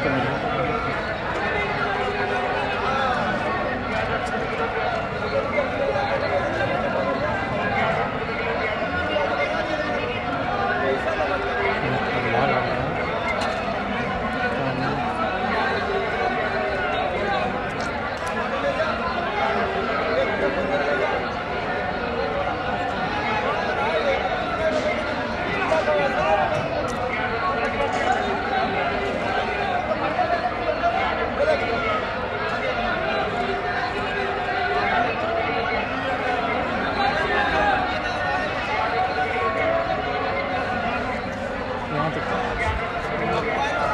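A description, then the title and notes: A busy evening street in an industrial area, thick with overlapping voices and chatter that never lets up for the whole stretch. The crowd noise stays steady, mostly in the mid range, with occasional sharper clatters and calls standing out briefly. An evening in the Wazirpur Industrial Area. One evening on a busy street in the Wazirpur Industrial Area. Vendors walk by, selling all sorts of things from clothes, slippers, utensils, cosmetics, old radios, meat, vegetables, and bangles. Most vendors have smalls mics or recorded tapes through which they advertise their prices.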